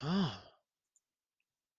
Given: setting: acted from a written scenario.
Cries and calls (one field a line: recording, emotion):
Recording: vocal sound without words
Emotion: interest